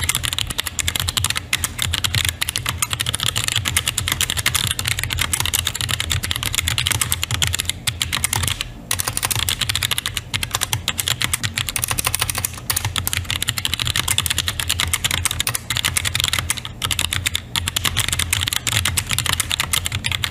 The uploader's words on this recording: ASMR typing on a Roccat Vulcan with Titan switches. You can hear the springs in the switches and the click on the keys.